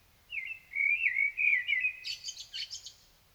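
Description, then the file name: Common blackbird gives a smooth, wavering flute-like warble, then switches abruptly to a rapid series of high, squeaky twittered notes. "Turdus merula"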